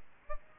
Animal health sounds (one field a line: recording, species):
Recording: mosquito wingbeat signal from an infrared sensor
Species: Aedes albopictus